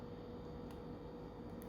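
A thumbnail is slid into the gap between the plastic back panel and the frame of a Samsung Galaxy M30s smartphone, part of checking the phone for build quality issues. A steady broadband hum with a constant mid-low tone runs throughout, with a faint, brief tick near the end. The panel is only being handled, and nothing has snapped back into place or seated yet.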